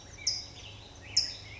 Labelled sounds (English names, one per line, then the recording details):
California Towhee
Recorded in Sonoma County, California